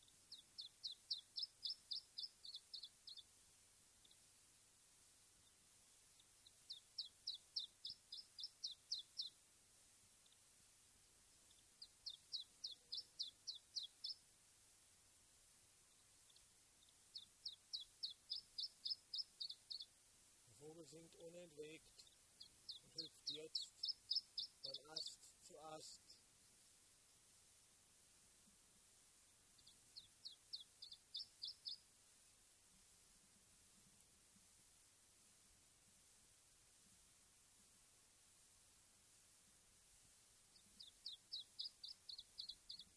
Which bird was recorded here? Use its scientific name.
Phylloscopus ibericus